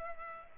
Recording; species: mosquito wingbeat signal from an infrared sensor; Culex pipiens